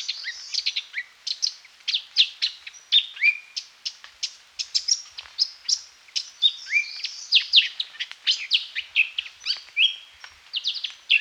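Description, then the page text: Lesser Racket-tailed Drongo singing a dense, steady stream of high chirps, metallic notes and brief whistles, packed closely with hardly a pause for about eleven seconds. "Lesser Racket-Tailed Drongo Song. Quick Sounds"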